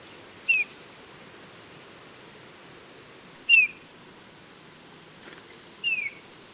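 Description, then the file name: Eurasian bullfinch calling with three plaintive, slightly falling whistles spaced about two and a half to three seconds apart over a quiet background hiss. "Pyrrhula pyrrhula"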